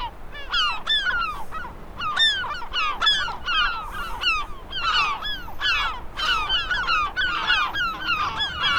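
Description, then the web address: Gull calls: several gulls give loud, nasal, falling calls in quick succession, overlapping constantly. "seagulls"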